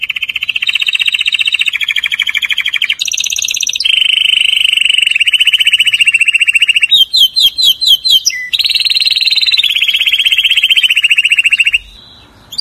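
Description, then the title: Canary song: a long stream of loud, rapid trills that switch between pitch levels, with a burst of sharp, quick chirps partway through. "Kenari"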